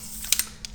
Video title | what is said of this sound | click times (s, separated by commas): 5 Photo/Video must have accessories under $50/£50 | out it pops. | 0.3 s, 0.4 s, 0.6 s